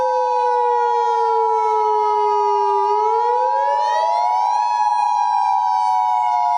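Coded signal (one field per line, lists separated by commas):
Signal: Emergency Alert System (SAME) tones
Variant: 853 and 960 Hz attention tone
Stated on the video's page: Fictional EAS scenario, simulated.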